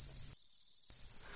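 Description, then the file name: Grasshopper buzzing: an even, high-pitched, fast-pulsing trill that continues unbroken throughout. "kuznechik"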